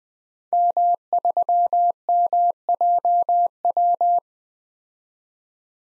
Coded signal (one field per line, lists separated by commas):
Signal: Morse code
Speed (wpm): 20 wpm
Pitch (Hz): 700 Hz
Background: none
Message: M3MJW